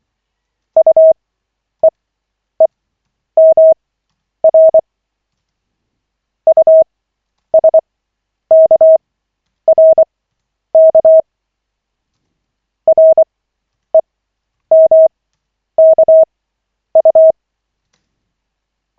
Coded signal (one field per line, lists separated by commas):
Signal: Morse code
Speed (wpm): 24 wpm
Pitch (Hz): 640 Hz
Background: none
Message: UEEMR USKRK REMKU